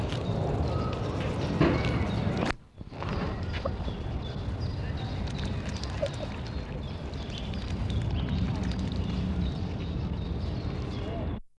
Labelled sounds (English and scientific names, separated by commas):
Tundra Swan (Cygnus columbianus) call